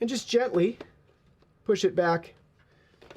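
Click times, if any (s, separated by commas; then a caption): 3.1 s. Someone talks while a cleaned mop roller is gently pushed back into its housing in a Roborock Qrevo Curv 2 Flow robot vacuum. Near the end, a brief soft rustle gives way to a short plastic click at 3.1 s as the roller snaps back into place.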